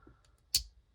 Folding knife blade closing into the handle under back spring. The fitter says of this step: hear it it's definitely got great walk and talk the sound of it closing